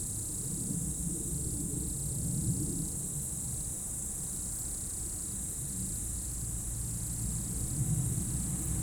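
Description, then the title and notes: Insect chorus holding a constant high, shrill drone, broken by short intermittent buzzing pulses, over a persistent low rumbling background. Insect chorus in roadside bank and trees at dusk, first hairpin bend of Col du Chat road, Bourdeau, France; plane and a few vehicles; Tascam DAP1 DAT recorder, from a CDR burned 2006. "route col du Chat, Bourdeau, France - Tutti insectes. Dans la première épingle de la route du col du Chat à Bourdeau, insectes dans le talus et les arbres au crépuscule, avion, quelques véhicules"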